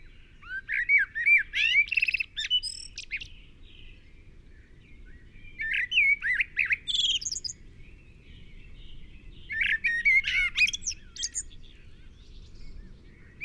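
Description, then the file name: Common blackbird song: three separate phrases of flutelike warbling, each trailing into high squeaky notes, with pauses between them. "Turdus merula"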